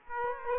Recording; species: mosquito wingbeat signal from an infrared sensor; Aedes aegypti